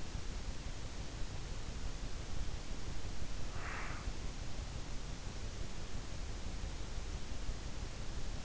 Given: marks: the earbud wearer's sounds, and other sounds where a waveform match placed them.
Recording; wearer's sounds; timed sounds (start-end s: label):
sounds in sleep by an in-ear microphone; breath
3.53-4.24 s: breath